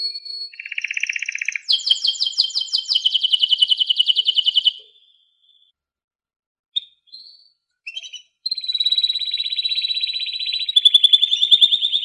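Canary song with rapid rolling trills and dense buzzy tours, a silent gap with a few short notes, then more sustained high trilling.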